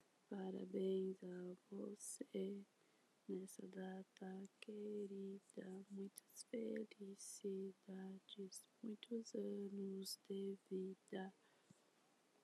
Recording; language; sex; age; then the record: short text; Brazilian Portuguese; female; 20 to 29 years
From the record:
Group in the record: control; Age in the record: 25 years